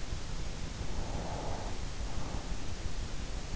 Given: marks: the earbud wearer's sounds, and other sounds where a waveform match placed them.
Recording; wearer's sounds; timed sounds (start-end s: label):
sounds in sleep by an in-ear microphone; breath
0.56-3.22 s: breath